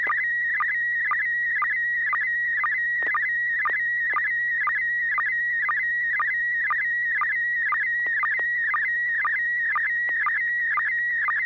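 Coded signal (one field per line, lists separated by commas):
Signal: SSTV (slow-scan television)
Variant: PD mode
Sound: warbling whistle around 2 kHz with steady rhythmic low blips, about two per second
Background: low mains hum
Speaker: pd10 [Music] d d d [Music] d [Music]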